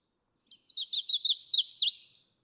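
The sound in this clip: Chestnut-sided warbler song, a rapid run of high sweet slurred notes building in loudness and finishing with a sharp accented downward note.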